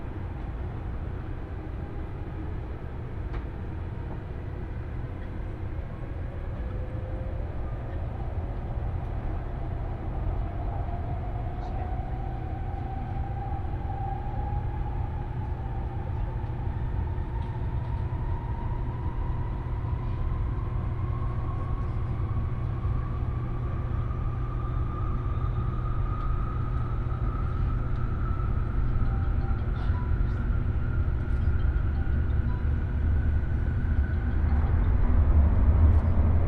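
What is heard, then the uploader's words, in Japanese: A Nishi-Kyushu Shinkansen train runs from Nagasaki toward Saga with a steady, heavy low rumble. A thin motor whine climbs slowly in pitch across the whole stretch as the train gathers speed, and the overall noise grows gradually louder, with a few faint clicks along the way. 西九州新幹線 長崎→佐賀。西九州新幹線の全線通し、全駅停車の列車に乗って佐賀まで向かいます。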